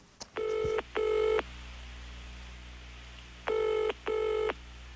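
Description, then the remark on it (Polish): A telephone rings in two double bursts, each pair of steady buzzy tones repeating after a pause, with a brief click at the start and a low hum underneath. “Szybki telefon.”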